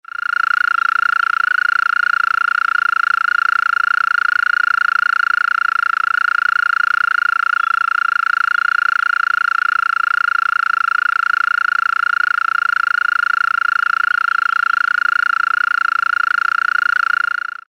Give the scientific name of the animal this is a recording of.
Gryllotalpa gryllotalpa